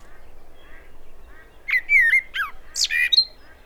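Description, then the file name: Common blackbird singing a short phrase of mellow whistled notes that dip and slide, followed by a scratchy high twitter and a thin final note, over faint low hum. "Turdus merula"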